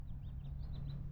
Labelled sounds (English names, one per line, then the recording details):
House Finch song
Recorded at Hewlett Bay Park on Long Island, New York, on 10 June 1975
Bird A